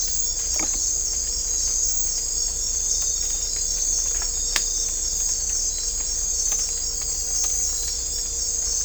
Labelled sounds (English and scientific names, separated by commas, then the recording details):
none
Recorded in dense forest near Puerto Asís, Putumayo, Colombia, on 18 December 2024 at 02:00
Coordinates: 0.500, -76.322
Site G053